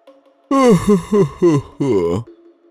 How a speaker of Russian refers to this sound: Зевал на другой день пан Смиток.